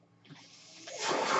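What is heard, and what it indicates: A rising airy hiss that swells over about a second, the airflow of a person's own home mechanical ventilator delivering a breath.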